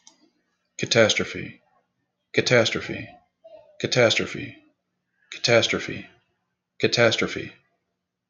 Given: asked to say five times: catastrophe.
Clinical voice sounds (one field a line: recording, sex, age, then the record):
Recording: repeated word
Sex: male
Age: 50 to 59 years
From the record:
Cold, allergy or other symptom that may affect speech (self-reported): no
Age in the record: 59 years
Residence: Kansas, United States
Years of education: 14